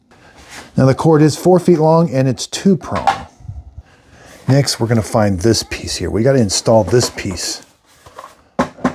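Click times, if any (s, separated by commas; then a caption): 8.9 s. A plastic attachment piece is slid onto the charging base station of a Shark PowerDetect Clean & Empty Cordless IP3251 vacuum, and it seats with a click. Someone talks through most of the clip, then after a pause there is a faint tap near 8.2 s and a sharp click at 8.9 s as the piece clicks into place.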